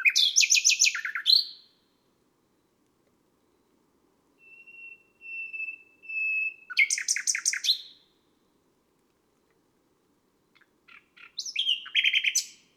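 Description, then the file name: Nightingale song in bursts: a dense, scratchy chirping phrase, then quiet pure whistled notes swelling in volume, then two more rich, rattling phrases separated by pauses. On a May night. "Un rossignol enregistre une nuit de mai"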